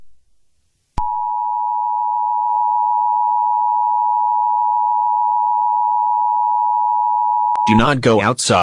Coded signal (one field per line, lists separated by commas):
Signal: Emergency Alert System (SAME) tones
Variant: 853 and 960 Hz attention tone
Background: speech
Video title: EAS Scenario: EF6 Tornado